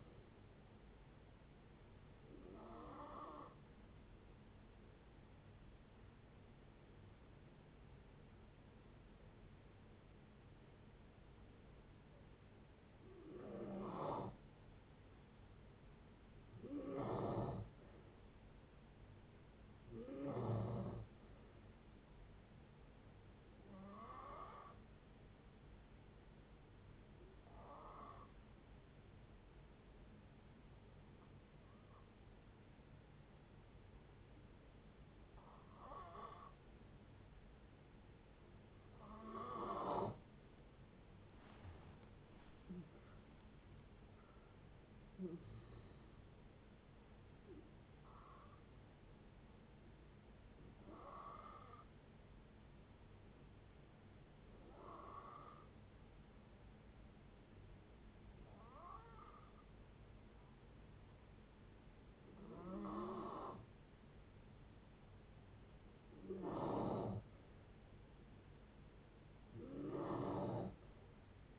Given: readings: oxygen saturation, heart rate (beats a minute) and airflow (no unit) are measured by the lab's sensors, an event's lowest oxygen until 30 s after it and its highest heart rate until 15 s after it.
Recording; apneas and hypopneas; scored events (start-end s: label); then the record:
breathing in sleep by a voice recorder at the bedside; 3
3.00-16.40 s: hypopnea (N2, oxygen 94% highest, then 90% lowest, heart rate 68 at the start, 68 highest)
28.00-40.40 s: hypopnea (N2, oxygen 95% highest, then 87% lowest, heart rate 61 at the start, 76 highest)
29.00-59.00 s: new sleep stage, N1 (lightest sleep)
50.00-64.50 s: hypopnea (N1, oxygen 92% highest, then 89% lowest, heart rate 68 at the start, 68 highest)
59.00-71.59 s: new sleep stage, N2 (light sleep)
From the record:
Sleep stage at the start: N2 (light sleep); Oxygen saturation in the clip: 87 to 96%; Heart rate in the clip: 55 to 76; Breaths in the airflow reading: 17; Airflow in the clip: -14.0 to 14.2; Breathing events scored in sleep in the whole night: 496 in 5.4 hours asleep